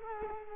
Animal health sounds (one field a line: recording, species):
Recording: mosquito wingbeat signal from an infrared sensor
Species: Culex quinquefasciatus